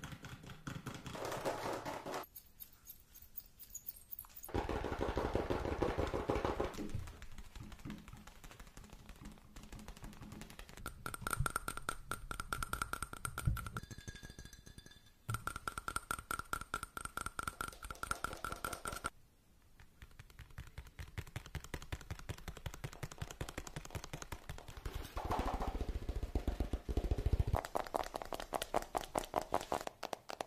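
Fast, steady tapping runs throughout in dense rapid streaks, shifting between dull low stretches and brighter, sharper passages, with brief quieter gaps.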